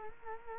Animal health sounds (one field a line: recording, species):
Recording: mosquito wingbeat signal from an infrared sensor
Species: Culex quinquefasciatus